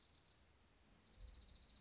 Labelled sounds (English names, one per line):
Dark-eyed Junco